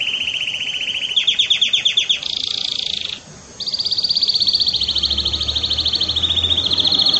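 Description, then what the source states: Domestic canary song of rapid repeated trills, rising then holding at different pitches, with a short silent gap midway before a long even rolling trill resumes. Belgian canary (canário belga) singing; campainha (bell) style song per title.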